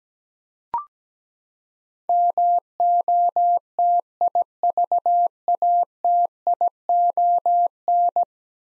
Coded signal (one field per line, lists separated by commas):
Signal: Morse code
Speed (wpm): 17 wpm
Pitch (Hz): 700 Hz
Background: none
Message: MOTIVATION